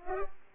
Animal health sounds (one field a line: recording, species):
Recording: mosquito wingbeat signal from an infrared sensor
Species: Culex pipiens